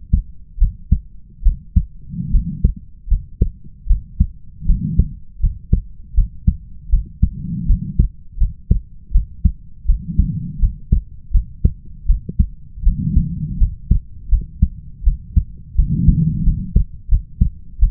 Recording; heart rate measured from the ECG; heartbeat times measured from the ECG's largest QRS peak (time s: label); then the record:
heart sounds by stethoscope; 80 bpm
0.58 s: heartbeat
1.43 s: heartbeat
2.31 s: heartbeat
3.08 s: heartbeat
3.87 s: heartbeat
4.66 s: heartbeat
5.40 s: heartbeat
6.15 s: heartbeat
6.90 s: heartbeat
7.66 s: heartbeat
8.38 s: heartbeat
9.12 s: heartbeat
9.86 s: heartbeat
10.59 s: heartbeat
11.31 s: heartbeat
12.06 s: heartbeat
12.83 s: heartbeat
13.58 s: heartbeat
14.29 s: heartbeat
15.04 s: heartbeat
15.76 s: heartbeat
16.44 s: heartbeat
17.09 s: heartbeat
17.79 s: heartbeat
From the record:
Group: healthy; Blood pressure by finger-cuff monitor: 98/52 mmHg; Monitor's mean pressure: 66 mmHg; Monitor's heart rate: 80 bpm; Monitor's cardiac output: 7.2 L/min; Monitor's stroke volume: 90 mL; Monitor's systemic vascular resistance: 680 dyn s/cm5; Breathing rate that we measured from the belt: 22 breaths a minute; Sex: female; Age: 22 years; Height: 157 cm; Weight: 47.6 kg